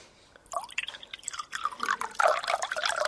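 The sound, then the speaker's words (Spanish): A man pours himself a glass of water, in an irregular gurgling stream, its splashy bright tone rising in pitch as the glass fills over about two and a half seconds. “Voy a hacer mi momento de agua, de echarme un vaso de agua.”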